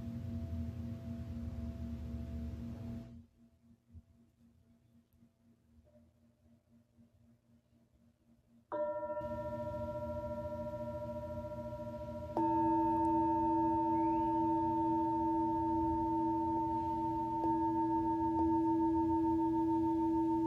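Singing bowl sound healing: a low steady hum opens, drops to near silence around three seconds, then a bowl tone swells in near nine seconds. A second, stronger bowl joins at about twelve seconds, their pure ringing tones layering and sustaining evenly to the end.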